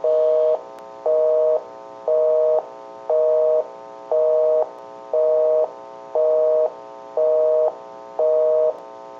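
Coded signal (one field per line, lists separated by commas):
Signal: telephone call progress tone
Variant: North America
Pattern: busy tone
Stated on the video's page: Call progress tone heard on a Western Electric 302 rotary dial desk telephone during initial checkout and repair.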